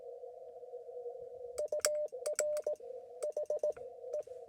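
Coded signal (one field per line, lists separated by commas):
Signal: Morse code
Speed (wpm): 18 wpm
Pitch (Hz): 600 Hz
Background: none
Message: UR H E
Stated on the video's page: Portable Parks on the Air activation, roughly ten contacts made in about 45 minutes.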